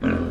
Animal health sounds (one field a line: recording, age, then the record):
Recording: pig call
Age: growing-finishing pig (85 days or more)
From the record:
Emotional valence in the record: negative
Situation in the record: barren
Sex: male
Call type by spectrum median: low-frequency call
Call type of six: low-frequency modulated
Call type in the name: low-frequency modulated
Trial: 2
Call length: 0.31 s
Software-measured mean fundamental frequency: 51 Hz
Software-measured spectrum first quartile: 213 Hz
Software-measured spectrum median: 335 Hz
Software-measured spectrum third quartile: 850 Hz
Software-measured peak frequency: 245 Hz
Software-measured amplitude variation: 145 dB a second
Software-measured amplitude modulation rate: 30.4 a second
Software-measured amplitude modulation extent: 4.8 dB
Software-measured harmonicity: 1.1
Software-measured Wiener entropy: -1.37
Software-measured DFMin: 1151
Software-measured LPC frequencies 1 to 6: 323, 1503, 2468, 3746, 4684, 5445 Hz